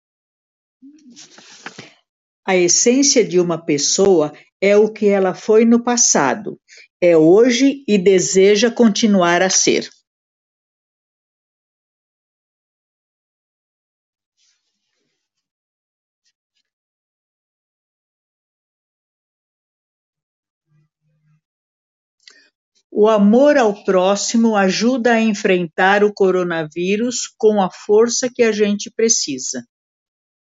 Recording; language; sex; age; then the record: spoken sentence; Brazilian Portuguese; female; 70 to 79 years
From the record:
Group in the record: control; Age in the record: 73 years